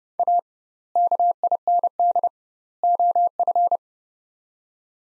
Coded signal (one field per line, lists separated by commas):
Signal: Morse code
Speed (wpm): 31 wpm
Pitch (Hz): 700 Hz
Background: none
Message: A KIND OF